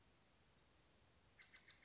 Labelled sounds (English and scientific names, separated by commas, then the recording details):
Western Flycatcher (Empidonax difficilis)
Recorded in Sonoma County, California